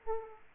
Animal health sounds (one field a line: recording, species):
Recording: mosquito wingbeat signal from an infrared sensor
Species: Aedes aegypti